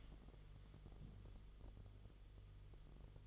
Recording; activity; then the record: daily activity, microphone in the room; stand up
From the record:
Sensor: 4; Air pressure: 1005.9 hPa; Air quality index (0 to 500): 107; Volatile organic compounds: 3 ppm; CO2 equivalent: 1335 ppm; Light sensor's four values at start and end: 13/29/11/10 and 13/29/11/10